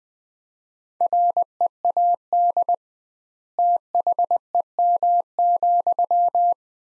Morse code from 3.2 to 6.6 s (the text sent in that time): THEM,